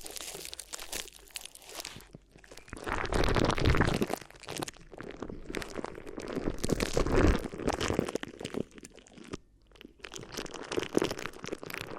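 Crinkly ear massage: dense, irregular crinkling and crunching, quiet for the first two seconds, louder around 3–4 and 6–8 seconds, with brief pauses.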